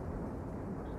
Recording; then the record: background sound without coughing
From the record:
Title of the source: Train Ride Ambience ambient white noise for sleeping, focus, studying, reading